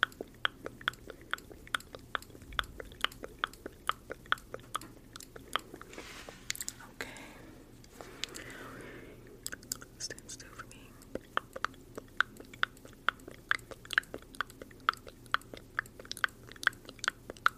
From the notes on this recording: mouth sounds